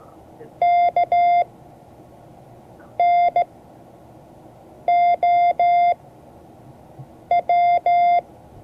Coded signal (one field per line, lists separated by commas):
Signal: Morse code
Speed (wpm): 15 wpm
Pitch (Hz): 700 Hz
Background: none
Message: KNOW